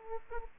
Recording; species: mosquito wingbeat signal from an infrared sensor; Aedes aegypti